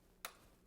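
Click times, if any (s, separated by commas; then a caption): 0.2 s. An L-size bobbin in its metal case is pushed by hand into the hook assembly of an APQS Freddie longarm quilting machine, after an M-size bobbin would not fit this L-size machine. A single sharp click sounds at 0.3 s against quiet background hum. The click shows the bobbin is well seated.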